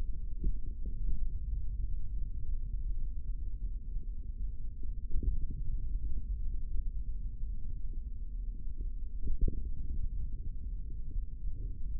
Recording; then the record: forearm muscle sounds (acoustic myography)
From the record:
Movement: finger pinch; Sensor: system 3, bracelet of six PUI Audio POM-2738L microphones around the upper forearm, with dedicated amplification and filtering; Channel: 2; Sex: male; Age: 25 years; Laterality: right